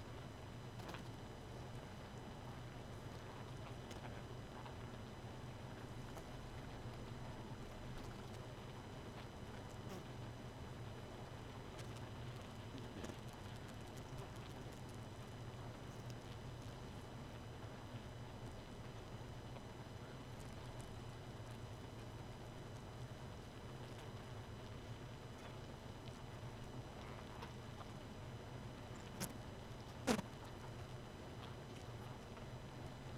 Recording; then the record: honeybee colony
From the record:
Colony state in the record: missing queen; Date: 31 May 2018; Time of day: 2:15